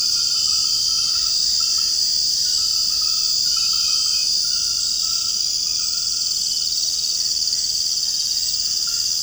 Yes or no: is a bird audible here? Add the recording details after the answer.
no. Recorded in secondary vegetation near Puerto Asís, Putumayo, Colombia, on 8 March 2025 at 22:30. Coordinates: 0.502, -76.326. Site G100